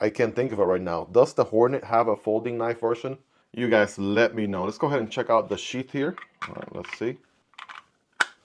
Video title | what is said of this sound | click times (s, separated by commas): A FIXED BLADE KNIFE CAN'T GET MUCH BETTER THAN THIS! (Kizer Hallow, Hornet & BILLY BONES) | right, pretty nice click in, | 8.2 s